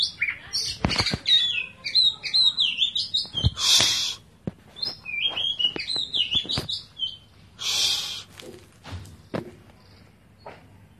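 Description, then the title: Oriental magpie-robin song: loud, varied whistled phrases, rising and falling, broken by sharp clicks and bursts of rustling noise. "Kacer"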